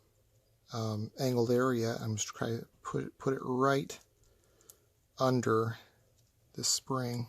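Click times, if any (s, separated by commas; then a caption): none. Someone talks while working the front angled area of a Grayguns replacement flat trigger for a SIG P365 pistol, positioning it under the spring in the fire control housing in the pistol frame. A few faint, brief handling sounds come between the speech around 4.2 to 4.7 seconds. Nothing has seated or clicked yet.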